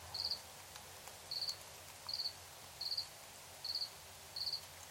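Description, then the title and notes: Cricket producing brief pulsed high chirps at a steady pace over a low, even background hiss. Recorded in Tiny, Ontario, by Anton Pickard; crickets are described as a nighttime sound. "Crickets and coyotes. Recorded in Tiny, Ontario by Anton Pickard"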